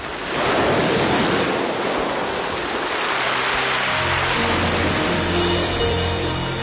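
Ocean waves surge onto the shore in a continuous, loud roar of churning surf with a hissy, wind-like wash and a low rumble underneath; no voices.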